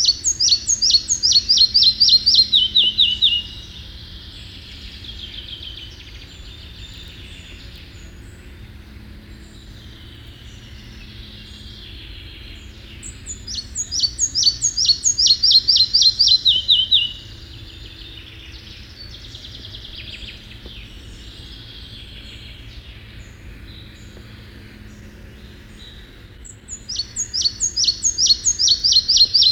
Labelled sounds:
Red-breasted Flycatcher (Ficedula parva) song

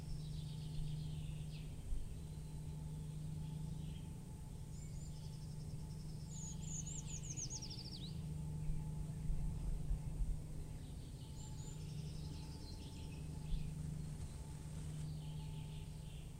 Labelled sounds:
Eurasian Treecreeper (Certhia familiaris) song

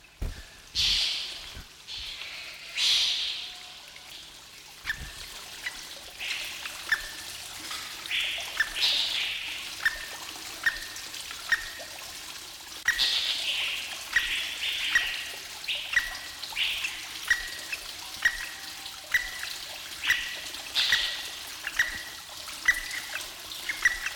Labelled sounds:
Chestnut-bellied Partridge (Arborophila javanica) call

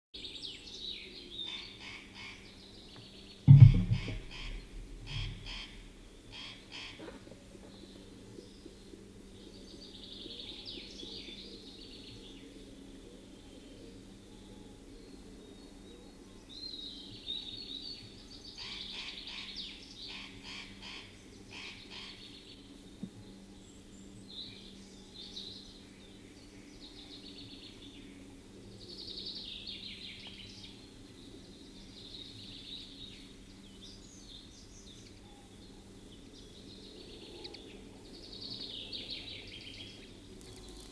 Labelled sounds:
Spotted Nutcracker (Nucifraga caryocatactes) call

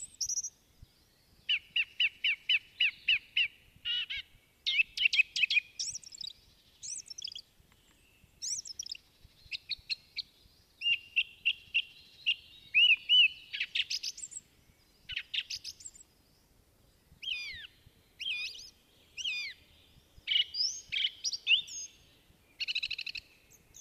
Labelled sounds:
Song Thrush (Turdus philomelos) song

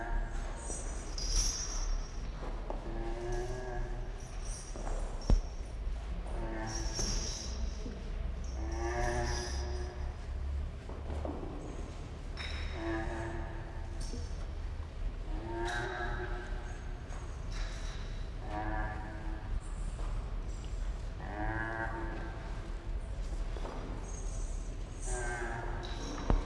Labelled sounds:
Indian Rhinoceros (Rhinoceros unicornis)

